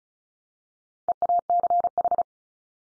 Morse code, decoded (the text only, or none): EACH